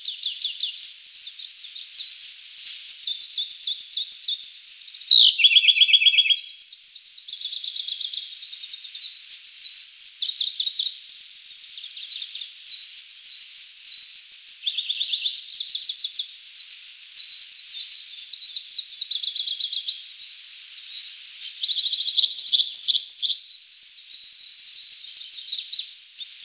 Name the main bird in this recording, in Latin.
Luscinia cyane